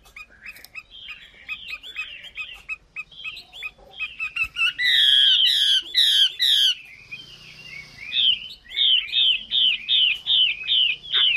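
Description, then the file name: Chinese hwamei song: rapid, varied whistled phrases, with slurred notes repeated in quick runs, a loud ringing burst midway, then a steady series of repeated notes. Female bird singing. "Tieng chim hoa mi mai hot"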